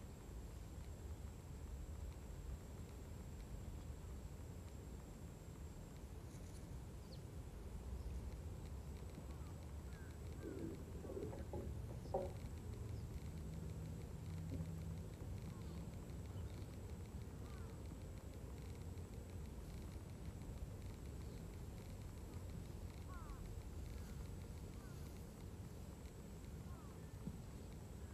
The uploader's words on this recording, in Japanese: 機械音あり バインダーで稲刈り、ハザ掛け。